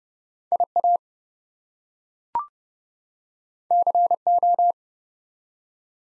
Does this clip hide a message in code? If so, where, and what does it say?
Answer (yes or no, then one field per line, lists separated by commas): yes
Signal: Morse code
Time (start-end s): 0.5-4.7 s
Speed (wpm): 30 wpm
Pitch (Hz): 700 Hz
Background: none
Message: IA CO